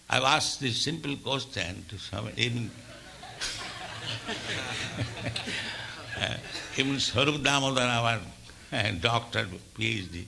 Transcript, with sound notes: I've asked this simple question to so many. [laughs] Even Svarūpa Dāmodara, our doctor Ph.D.,